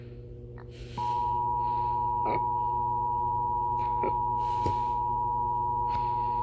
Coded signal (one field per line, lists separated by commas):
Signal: Emergency Alert System (SAME) tones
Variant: 853 and 960 Hz attention tone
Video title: Emergency Alert System EAS Test #25 November 5, 2018